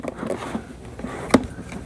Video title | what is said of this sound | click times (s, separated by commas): Shark CarpetXpert HairPro EX304: The Ultimate Carpet Cleaner?! | I didn't hear the double click, so I got to keep pushing. | none